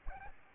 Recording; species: mosquito wingbeat signal from an infrared sensor; Aedes albopictus